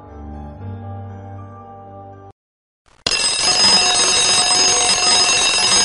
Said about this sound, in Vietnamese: tiếng chuông báo reo vang cả nhà tù.